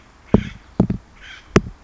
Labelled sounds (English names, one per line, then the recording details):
Acorn Woodpecker
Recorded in Sonoma County, California